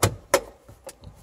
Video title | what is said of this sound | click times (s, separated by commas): Heater core replacement 2007 Chevrolet HHR Overview dash removal evaporator | into place and try snaps in here beautiful | 0.0 s, 0.3 s